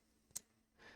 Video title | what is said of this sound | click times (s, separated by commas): The Enders Speed Razor Featuring Last Shadow's Injector Blade Adapter - Razor Report and a Shave | just sort of clicks into place | 0.4 s